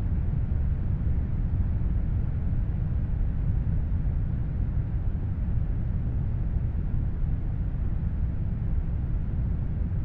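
Steady brown noise fills the whole clip, a deep, even rumble weighted heavily toward the low end. The upper range is soft and dull, and the level never shifts, with no distinct events or background sounds, like an engine drone or constant wind.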